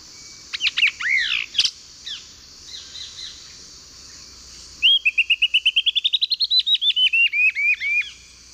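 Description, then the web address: Lawrence's thrush song: a quick run of varied sharp whistled notes, then a long fast series of many clipped notes, rising slightly before falling, over a steady insect drone. Song, eastern lowlands of South America. "Natures Songs S America Eastern Lowlands. Turdus lawrencii, song"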